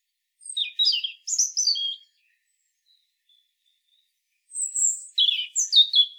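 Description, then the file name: European robin delivering two short high phrases of sweet warbles and thin trills, separated by a quiet gap of over two seconds. "Erithacus rubecula"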